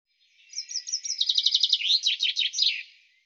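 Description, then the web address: Bird song: several spaced high notes quicken into a dense trill, then slide into descending slurred phrases and a final brief flourish. "cianscape birddata Deverinetal 2025 Bird Fr Co"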